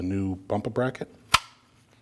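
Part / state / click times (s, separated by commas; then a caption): plastic retaining clip into front bumper bracket / seated / 1.4 s. A plastic retaining clip is pressed into a new front bumper bracket for a 2014-2023 Jeep Cherokee while someone talks. A single sharp, loud snap at 1.4 s shows the clip has seated.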